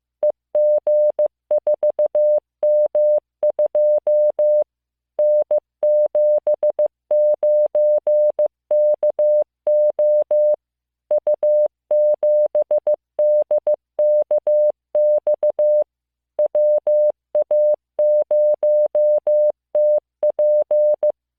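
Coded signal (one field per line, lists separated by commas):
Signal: Morse code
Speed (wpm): 15 wpm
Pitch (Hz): 600 Hz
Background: music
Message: EG4M2 N79KO U7DKX WA0TP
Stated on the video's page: Morse listening practice of random five-character groups of letters, numbers and punctuation.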